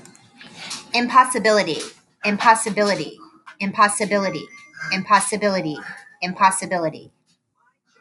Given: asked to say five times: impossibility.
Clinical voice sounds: repeated word; female; 40 to 49 years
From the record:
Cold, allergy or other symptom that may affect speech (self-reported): no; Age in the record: 40 years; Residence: North Carolina, United States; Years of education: 20

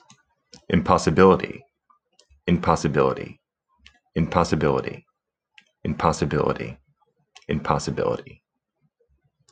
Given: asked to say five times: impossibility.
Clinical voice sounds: repeated word; male; 30 to 39 years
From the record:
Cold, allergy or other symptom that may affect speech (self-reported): no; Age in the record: 33 years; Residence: Virginia, United States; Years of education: 16

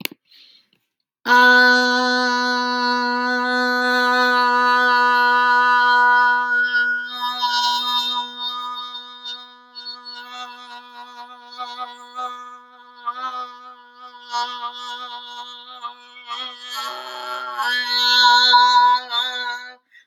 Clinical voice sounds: vowel held as long as possible; female; 50 to 59 years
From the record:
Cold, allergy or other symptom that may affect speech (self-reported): no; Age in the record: 55 years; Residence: Colorado, United States

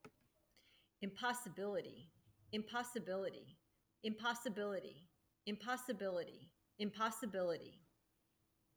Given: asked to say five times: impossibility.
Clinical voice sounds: repeated word; female; 40 to 49 years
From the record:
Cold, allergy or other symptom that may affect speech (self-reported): no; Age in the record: 48 years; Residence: Arizona, United States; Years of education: 16

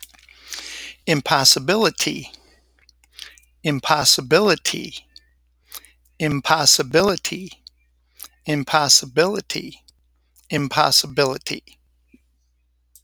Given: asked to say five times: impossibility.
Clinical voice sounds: repeated word; male; 60 to 69 years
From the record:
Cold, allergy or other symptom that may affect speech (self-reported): no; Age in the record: 66 years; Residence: Alabama, United States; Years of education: 19

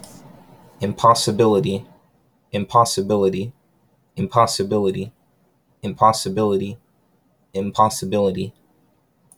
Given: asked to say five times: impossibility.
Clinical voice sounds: repeated word; male; 20 to 29 years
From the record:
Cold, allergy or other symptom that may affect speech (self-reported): no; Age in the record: 27 years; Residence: Florida, United States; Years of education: 14

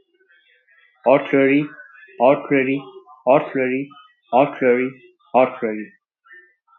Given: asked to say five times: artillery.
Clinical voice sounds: repeated word; male; 30 to 39 years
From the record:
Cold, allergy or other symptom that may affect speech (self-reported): no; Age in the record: 32 years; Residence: India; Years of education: 10

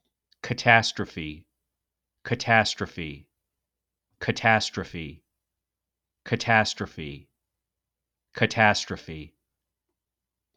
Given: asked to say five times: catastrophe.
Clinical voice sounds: repeated word; male; 40 to 49 years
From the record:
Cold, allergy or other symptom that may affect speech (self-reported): no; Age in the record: 42 years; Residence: Minnesota, United States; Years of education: 16

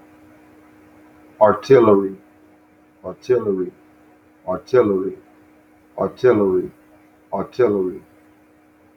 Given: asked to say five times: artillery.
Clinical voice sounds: repeated word; male; 40 to 49 years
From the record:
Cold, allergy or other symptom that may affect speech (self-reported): no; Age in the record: 46 years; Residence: Arkansas, United States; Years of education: 13

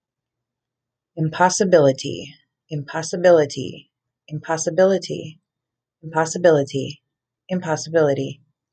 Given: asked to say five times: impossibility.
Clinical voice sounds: repeated word; female; 30 to 39 years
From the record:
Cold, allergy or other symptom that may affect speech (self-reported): no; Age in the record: 37 years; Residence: South Dakota, United States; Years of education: 15

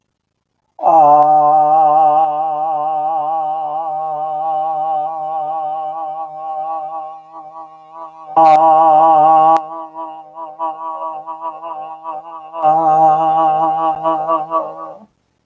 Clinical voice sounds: vowel held as long as possible; male; 50 to 59 years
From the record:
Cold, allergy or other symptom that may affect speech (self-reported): no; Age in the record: 57 years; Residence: Virginia, United States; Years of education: 17

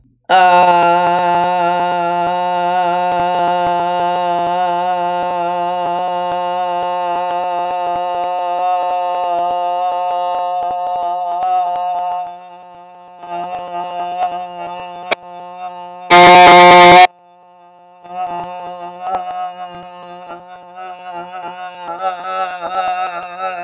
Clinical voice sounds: vowel held as long as possible; female; 40 to 49 years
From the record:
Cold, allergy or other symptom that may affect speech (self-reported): no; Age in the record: 40 years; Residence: North Carolina, United States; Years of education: 15

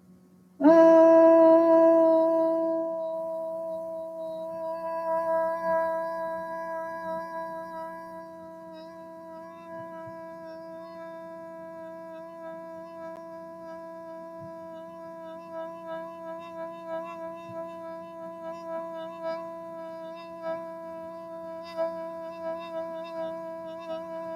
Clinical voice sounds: vowel held as long as possible; female; 40 to 49 years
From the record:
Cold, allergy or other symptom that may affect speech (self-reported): no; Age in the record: 47 years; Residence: Florida, United States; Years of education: 15

